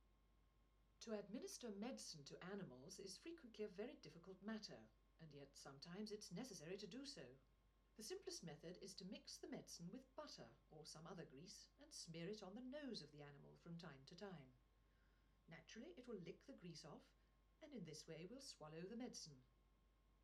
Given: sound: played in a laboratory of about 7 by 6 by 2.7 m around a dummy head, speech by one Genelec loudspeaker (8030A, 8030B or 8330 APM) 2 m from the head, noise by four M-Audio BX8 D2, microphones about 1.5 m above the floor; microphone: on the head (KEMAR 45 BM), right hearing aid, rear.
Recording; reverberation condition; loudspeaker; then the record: female speech in English; low; 120 degrees to the right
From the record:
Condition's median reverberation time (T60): about 310 ms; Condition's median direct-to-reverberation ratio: about 3.5 dB